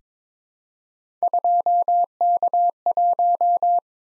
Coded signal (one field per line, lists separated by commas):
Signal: Morse code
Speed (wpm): 22 wpm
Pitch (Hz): 700 Hz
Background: none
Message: 2K1